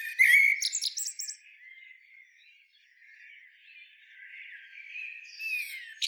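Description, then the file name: Eurasian blackbird song, a brief fluty phrase with a high twittery tail at the start, then soft, faint warbling and a thin squeak at the end. "Turdus merula"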